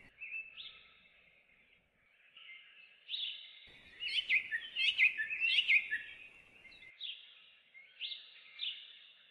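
Bird song: several short warbled phrases separated by pauses, with a denser burst of chattering, scratchy notes in the middle before the phrases resume.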